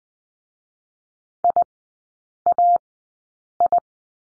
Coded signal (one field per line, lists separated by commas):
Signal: Morse code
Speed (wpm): 20 wpm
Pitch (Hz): 700 Hz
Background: none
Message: IAI